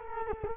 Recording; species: mosquito wingbeat signal from an infrared sensor; Culex quinquefasciatus